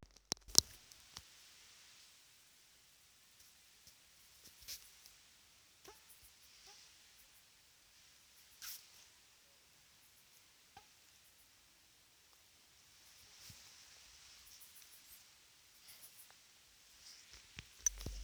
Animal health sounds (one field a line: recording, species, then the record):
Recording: mosquito flight sound by mobile phone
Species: Aedes sierrensis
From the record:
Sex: female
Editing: field recording with all noises